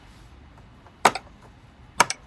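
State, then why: Seated. A plastic condensate pump unit is popped back into its mounting in a tumble dryer. Two sharp clicks are heard at 1.1 and 2.0 seconds, each followed by a fainter rattle. The pump is seated in place.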